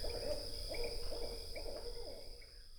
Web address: Songs of Birds of North America Know Your Bird Sounds Common Western Species Barred Owl